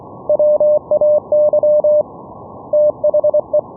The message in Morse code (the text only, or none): WAY THE